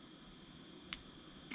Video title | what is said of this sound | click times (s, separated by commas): How To Crimp Weatherpack Connectors With Seal-All / Delphi Crimper | then push it in you'll hear a click one more time listen for the click | 0.9 s